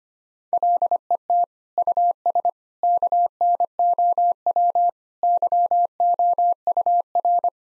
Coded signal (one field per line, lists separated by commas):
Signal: Morse code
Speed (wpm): 25 wpm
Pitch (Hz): 700 Hz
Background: none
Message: LET US KNOW YOUR